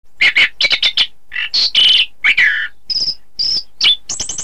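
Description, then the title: Thrush song in a rapid burst of varied phrases: buzzy chattering notes, clear whistles and short trills, mostly high-pitched, with brief pauses between phrases. "Suara Burung Anis"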